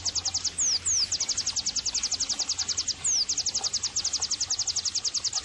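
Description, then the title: White-eye delivering a rapid, steady stream of high chipping notes, with occasional short downslurred whistles. Vigorously singing ('gacor') white-eye, offered as bird-training (masteran) and therapy audio. "terapi pleci dextro 87"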